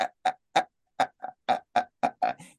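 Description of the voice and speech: An adult man imitates stuttering: the same short vowel sound repeats about nine times in quick succession as he tries to start saying his own name, with audible tension, struggle and effort. Moments of disfluency like this tend to happen more often on words that are very valuable to the speaker, such as one's own name.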